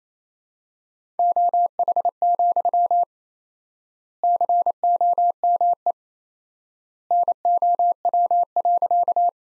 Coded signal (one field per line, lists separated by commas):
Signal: Morse code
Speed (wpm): 28 wpm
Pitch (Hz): 700 Hz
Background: none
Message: OH, COME NOW.